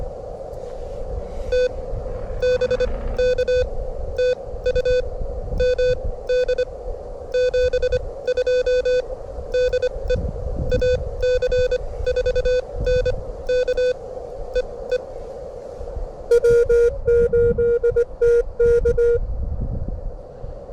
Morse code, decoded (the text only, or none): TBK TU MD 72 DE AC4NK E E W8TK